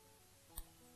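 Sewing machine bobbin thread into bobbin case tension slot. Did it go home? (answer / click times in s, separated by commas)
yes / 0.6 s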